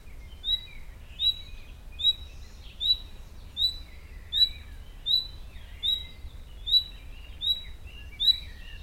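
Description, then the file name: Common nightingale repeating a clear, high whistled note at a steady pace, roughly every 0.7 seconds, amid faint twittering of other birds and low rumble. "Luscinia megarhynchos"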